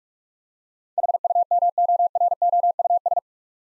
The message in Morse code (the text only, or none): HUMOROUS